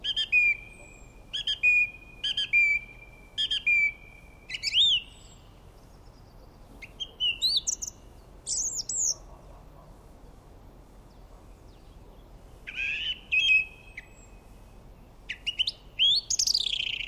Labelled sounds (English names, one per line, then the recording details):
Song Thrush song
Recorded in the wild
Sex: male
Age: adult
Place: Erlangen, Bayern, DE
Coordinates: 49.6086, 10.9697
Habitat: wood
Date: 1962-04-03
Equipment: Stellavox SM 4a, Original, Vollspur
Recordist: Tretzel, Erwin